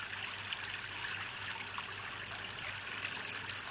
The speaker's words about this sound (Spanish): Qué bonito, ¿no? Suena. Realmente suena bonito. Relajante. Relajante por el agüita que escuchamos de fondo, ¿no? El agüita de fondo. ¿Eso es una pista, lo de la agüita? Sí, una pista.